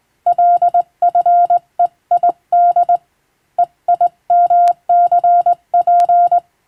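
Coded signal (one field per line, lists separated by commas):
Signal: Morse code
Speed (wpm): 20 wpm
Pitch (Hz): 700 Hz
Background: none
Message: LFEID EIMCP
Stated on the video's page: Morse receiving practice for amateur radio, sent by a first-class radiotelegraph operator from a Latin-alphabet telegram sending practice book.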